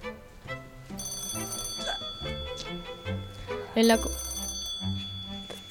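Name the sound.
telephone ringing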